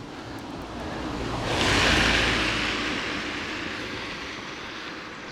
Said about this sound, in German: Aber die fahren hier nur mit Geländewagen durch, wa? Jetzt kommt schon wieder der nächste.